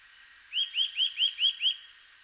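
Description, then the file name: Eurasian nuthatch calling: six clear, rising whistled notes in a quick, even series over about one second. Faint background hiss. "Sitta europaea"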